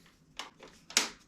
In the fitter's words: it just all snaps in place